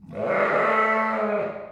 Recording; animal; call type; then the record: contact call of a hoofed animal; sheep; low-frequency (closed-mouth) or high-frequency (open-mouth) call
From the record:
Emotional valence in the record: negative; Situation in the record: short social isolation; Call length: 1.72 s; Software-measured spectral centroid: 1360 Hz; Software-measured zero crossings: 1780 a second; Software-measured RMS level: -23 dBFS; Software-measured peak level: -10 dBFS